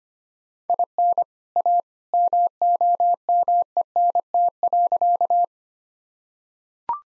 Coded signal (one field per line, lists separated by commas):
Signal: Morse code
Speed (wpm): 25 wpm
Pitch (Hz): 700 Hz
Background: none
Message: IN A MOMENT.